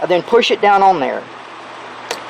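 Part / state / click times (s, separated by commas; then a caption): grease gun coupler onto a string trimmer grease fitting / seated / 2.1 s. A grease gun coupler is loosened and pushed down onto the grease fitting of a string trimmer while someone talks. A short, sharp snap at 2.1 s marks the coupler seating on the fitting.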